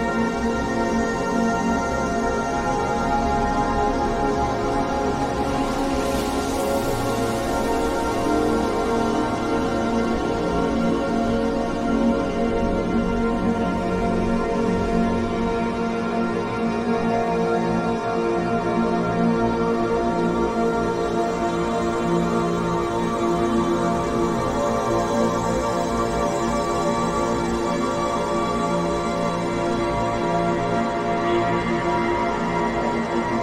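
Binaural beats: a steady, unbroken drone of many layered tones, low hum to high ringing, holding the same level for the whole half minute. Around the sixth second a soft airy hiss swells briefly over the top, then fades back into the drone.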